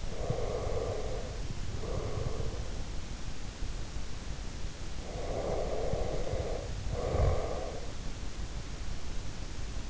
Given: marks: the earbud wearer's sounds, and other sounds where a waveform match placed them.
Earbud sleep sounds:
sounds in sleep by an in-ear microphone; breath
0.00-2.79 s: breath
5.19-8.18 s: breath

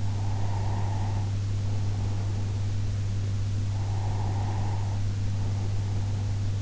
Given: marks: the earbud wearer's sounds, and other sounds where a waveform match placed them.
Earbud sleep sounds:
sounds in sleep by an in-ear microphone; breath
0.10-2.91 s: breath
3.62-6.62 s: breath

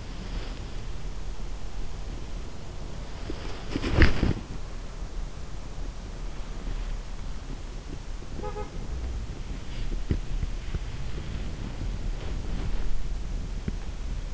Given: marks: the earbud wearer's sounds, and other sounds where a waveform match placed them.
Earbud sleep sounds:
sounds in sleep by an in-ear microphone; body movement, teeth grinding
0.00-4.70 s: body movement
8.42-8.79 s: sound from someone else or the room
10.00-10.90 s: teeth grinding
10.60-12.97 s: body movement
13.53-13.91 s: teeth grinding

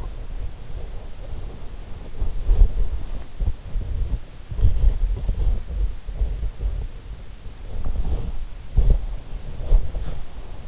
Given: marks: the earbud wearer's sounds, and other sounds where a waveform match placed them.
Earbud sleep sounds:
sounds in sleep by an in-ear microphone; body movement
0.00-10.68 s: body movement

